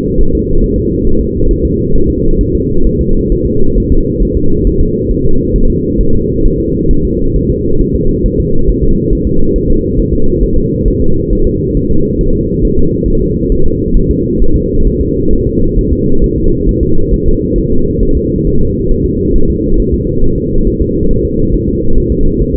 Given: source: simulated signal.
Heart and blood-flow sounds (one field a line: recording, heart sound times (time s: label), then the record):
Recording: fetal heart sounds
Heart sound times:
0.21 s: S1
0.35 s: S2
0.64 s: S1
0.78 s: S2
1.07 s: S1
1.21 s: S2
1.51 s: S1
1.65 s: S2
1.96 s: S1
2.10 s: S2
2.41 s: S1
2.55 s: S2
2.87 s: S1
3.01 s: S2
3.32 s: S1
3.46 s: S2
3.78 s: S1
3.92 s: S2
4.23 s: S1
4.37 s: S2
4.67 s: S1
4.81 s: S2
5.11 s: S1
5.25 s: S2
5.56 s: S1
5.70 s: S2
6.00 s: S1
6.15 s: S2
6.46 s: S1
6.60 s: S2
6.91 s: S1
7.05 s: S2
7.36 s: S1
7.50 s: S2
7.81 s: S1
7.95 s: S2
8.26 s: S1
8.40 s: S2
8.69 s: S1
8.83 s: S2
9.13 s: S1
9.27 s: S2
9.56 s: S1
9.70 s: S2
9.99 s: S1
10.14 s: S2
10.44 s: S1
10.58 s: S2
10.88 s: S1
11.02 s: S2
11.33 s: S1
11.47 s: S2
11.77 s: S1
11.91 s: S2
12.21 s: S1
12.35 s: S2
12.65 s: S1
12.79 s: S2
13.08 s: S1
13.22 s: S2
13.52 s: S1
13.66 s: S2
13.96 s: S1
14.11 s: S2
14.42 s: S1
14.56 s: S2
14.87 s: S1
15.01 s: S2
15.33 s: S1
15.47 s: S2
15.79 s: S1
15.93 s: S2
16.24 s: S1
16.38 s: S2
16.69 s: S1
16.83 s: S2
17.14 s: S1
17.28 s: S2
17.58 s: S1
17.72 s: S2
18.03 s: S1
18.17 s: S2
18.47 s: S1
18.61 s: S2
18.92 s: S1
19.06 s: S2
19.36 s: S1
19.50 s: S2
19.80 s: S1
19.94 s: S2
20.24 s: S1
20.38 s: S2
20.67 s: S1
20.81 s: S2
21.11 s: S1
21.25 s: S2
21.54 s: S1
21.68 s: S2
21.98 s: S1
22.12 s: S2
22.41 s: S1
22.55 s: S2
From the record:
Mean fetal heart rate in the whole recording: 135 bpm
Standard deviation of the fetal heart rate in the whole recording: 3 bpm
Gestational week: 36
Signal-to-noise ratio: -19.1 dB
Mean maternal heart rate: 72 bpm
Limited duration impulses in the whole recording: present